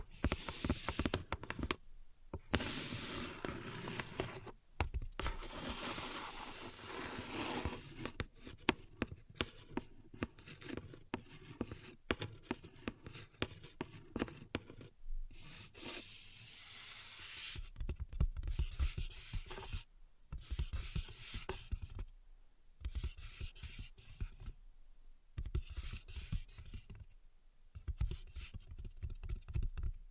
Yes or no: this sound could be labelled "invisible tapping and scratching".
yes